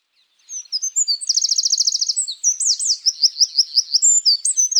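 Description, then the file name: Eurasian wren song: high notes leading into a rapid buzzy trill, followed by a string of quick, sharply slurred chirps in one vigorous phrase. "Troglodytes troglodytes"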